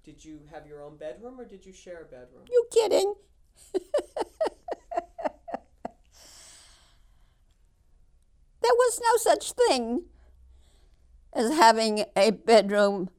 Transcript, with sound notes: Did you have your own bedroom, or did you share a bedroom? ( she laughs )
There was no such thing as having a bedroom.